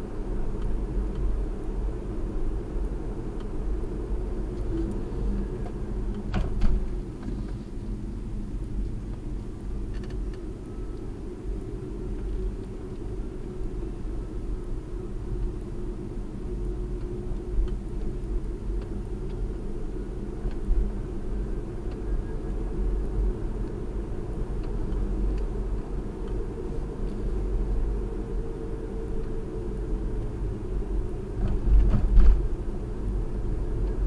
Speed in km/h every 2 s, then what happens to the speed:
47, 47, 44, 34, 29, 34, 35, 34, 35, 35, 40, 45, 47, 45, 45, 42, 42.
3-7 brakes to 29. 7-18 steady at about 34. 18-23 speeds up to 47. 23-34 steady at about 45.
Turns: 5-11.